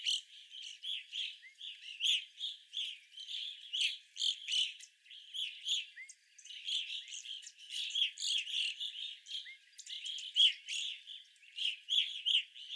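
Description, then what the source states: Evening grosbeaks in chorus, near-continuous overlapping chirps from a flock, occasional louder notes rising above the chatter. Several evening grosbeaks, recorded 25 April 2021.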